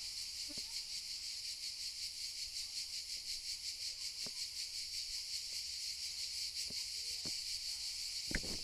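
Cicadas droning in a shrill pulsing chorus, with scattered sharp clicks.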